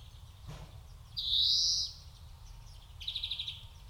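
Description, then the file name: European greenfinch producing one loud drawn-out nasal wheeze followed by a short rapid trill, over quiet background noise. "Chloris chloris"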